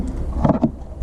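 A plastic trim retaining clip at the other end of a body panel on a Mini F56, cleared of debris, is handled and pushed toward its hole in the panel. Short handling knocks and scrapes are heard around 0.3 s, 0.5 s and 0.6 s over a low background rumble. The clip has not clicked in or seated yet.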